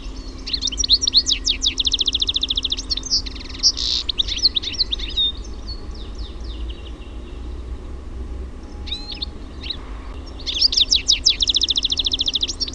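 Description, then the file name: European goldfinch song, rapid bright twitters and buzzy trills in bursts, a quieter gap in the middle, then another lively burst of tinkling notes at the end. "TIKLI"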